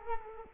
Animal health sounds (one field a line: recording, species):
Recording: mosquito wingbeat signal from an infrared sensor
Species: Culex quinquefasciatus